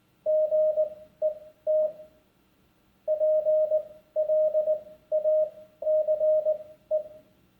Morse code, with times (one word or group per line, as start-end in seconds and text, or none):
0.3-1.9 GET
3.1-7.0 PLACE